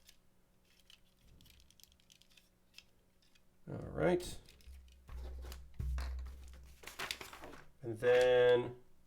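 A plastic part from a Gundam model kit is handled and moved into position toward its mating joint on the model, with faint plastic ticks, rustling and brief handling noises while someone talks. Nothing has seated or clicked yet; the clip ends just before the part locks into place.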